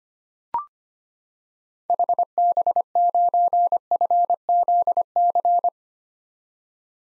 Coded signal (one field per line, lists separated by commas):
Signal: Morse code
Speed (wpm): 25 wpm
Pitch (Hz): 700 Hz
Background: none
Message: HB9FZC